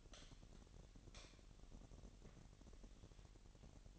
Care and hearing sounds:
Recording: daily activity, microphone in the room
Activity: light on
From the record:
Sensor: 4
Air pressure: 1012.7 hPa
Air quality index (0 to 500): 246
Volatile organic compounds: 4 ppm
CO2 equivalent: 1676 ppm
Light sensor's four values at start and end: 15/33/13/14 and 17/43/17/18

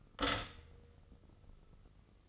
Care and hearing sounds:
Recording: daily activity, microphone in the room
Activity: stop toaster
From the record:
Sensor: 4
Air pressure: 996.0 hPa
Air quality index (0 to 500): 67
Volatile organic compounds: 2 ppm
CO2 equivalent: 1216 ppm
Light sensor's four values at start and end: 13/32/13/14 and 12/31/12/13

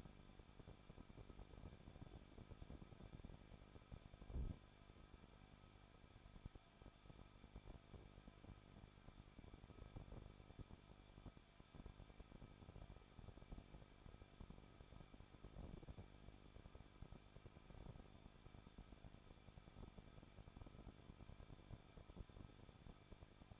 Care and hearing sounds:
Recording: daily activity, microphone in the room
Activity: no activity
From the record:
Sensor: 5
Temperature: 20.8 degrees Celsius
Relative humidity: 38.4%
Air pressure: 1006.4 hPa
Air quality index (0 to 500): 190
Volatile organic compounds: 20 ppm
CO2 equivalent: 2679 ppm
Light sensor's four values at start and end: 2/3/1/1 and 2/3/1/1

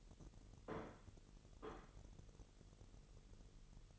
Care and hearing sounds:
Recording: daily activity, microphone in the room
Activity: place plate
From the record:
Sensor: 4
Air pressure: 989.4 hPa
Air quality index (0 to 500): 212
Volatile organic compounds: 60 ppm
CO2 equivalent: 3422 ppm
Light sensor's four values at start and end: 26/91/33/35 and 26/91/33/35

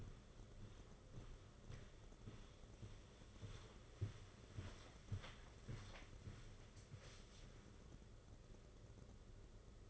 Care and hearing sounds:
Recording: daily activity, microphone in the room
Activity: walk to room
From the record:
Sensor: 4

